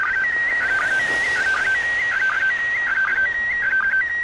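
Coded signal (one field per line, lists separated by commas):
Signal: SSTV (slow-scan television)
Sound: warbling tone jumping between two pitches with short low chirps, over hiss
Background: radio static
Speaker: 6 seconds about within 10 seconds it should come on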